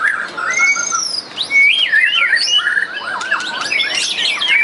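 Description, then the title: White-rumped shama song: clear whistled phrases with sliding, looping notes and quick varied twitters, rich and melodious, continuing without pause for the whole stretch. "murai batu"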